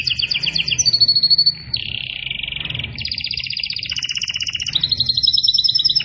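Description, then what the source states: Canary pouring out a continuous song of buzzy trills, held whistled tones and rolling rattles, shifting pitch between phrases, with a faint low hum beneath. Canary in vigorous, continuous song, described as gacor.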